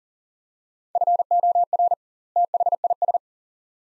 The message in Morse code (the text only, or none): FOR THIS